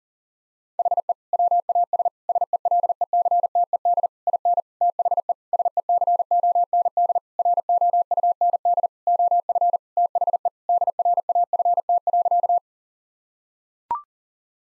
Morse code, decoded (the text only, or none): HE WAS SELECTED IN THE SECOND ROUND OF THE DRAFT.